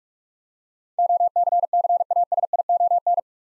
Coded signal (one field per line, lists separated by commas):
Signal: Morse code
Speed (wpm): 47 wpm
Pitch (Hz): 700 Hz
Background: none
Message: OCCASION